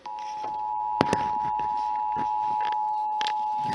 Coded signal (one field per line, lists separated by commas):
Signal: Emergency Alert System (SAME) tones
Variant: 853 and 960 Hz attention tone